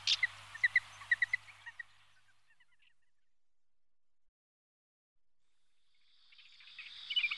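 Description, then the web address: Little grebe trilling call, a fast run of high notes tailing off over about two seconds, followed by quiet and then a rising burst of sound at the end. "podiceps ruficollis"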